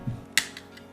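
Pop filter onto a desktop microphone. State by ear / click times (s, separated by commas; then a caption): seated / 0.4 s. A plastic pop filter is pushed onto the front of a Syntech USB gaming microphone and snaps into place with a sharp, bright click at 0.4 s, after a soft low thump near 0.1 s. Two fainter ticks follow at about 0.6 s and 0.8 s, and the filter is seated.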